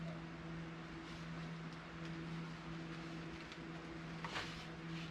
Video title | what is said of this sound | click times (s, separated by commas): Mercury Maintenance How to Change Sparke Plugs on your Mercury 250 PRO XS | you'll hear a little click when you push your Co coil pack back on you hear a click | 4.2 s